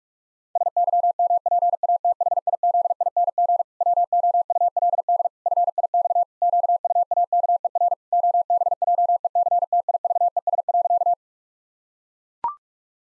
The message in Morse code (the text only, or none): SYMPATHIZING WOULD FIX QUAKER OBJECTIVES.